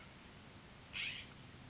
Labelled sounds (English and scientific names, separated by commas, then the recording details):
California Scrub-Jay (Aphelocoma californica)
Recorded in Sonoma County, California